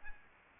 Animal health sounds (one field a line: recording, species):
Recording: mosquito wingbeat signal from an infrared sensor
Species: Aedes albopictus